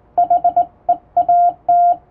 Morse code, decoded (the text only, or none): HEAT